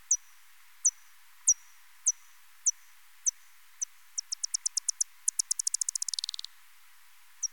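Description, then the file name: Soprano pipistrelle echolocation: steady high ticks quickening into a fast rattling buzz, then a pause and a single tick. "Ppyg"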